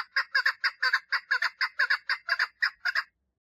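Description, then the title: Partridge song: scratchy, chuckling notes repeated rapidly, many in pairs, for about three seconds before falling silent. "Perdiz Cantando"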